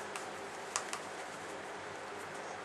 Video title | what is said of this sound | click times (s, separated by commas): Sig Sauer P238 HolsterPro Holster First Look | boom it snaps right in | 0.8 s